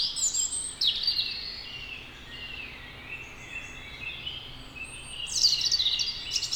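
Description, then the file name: European robin singing high, sweet warbled phrases at the start and again near the end, with faint thin trills drifting between them over a soft, hissy background. "Erithacus rubecula"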